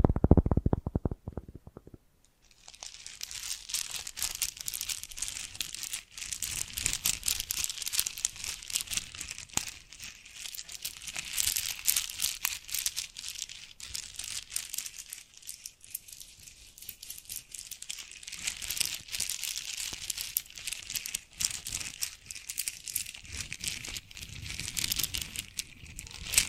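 Bracelets and jewelry boxes being handled, opening with a couple of seconds of low thumps and bumps before dense, bright crinkling and jingling rattles take over. The rustling continues almost without pause, thick and busy, with brief dips around fifteen and twenty-one seconds.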